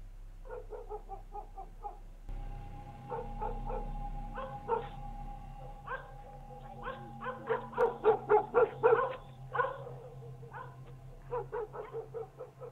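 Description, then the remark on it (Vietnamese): A household dog in a village barks and yips over and over at 3 a.m. in uneven, high-pitched bursts, growing louder and more insistent toward the middle, with a low steady hum running underneath throughout. “Đâu đó tiếng chó nhà nào cắn ma cứ nhấm nha nhấm nhặng vang lên.”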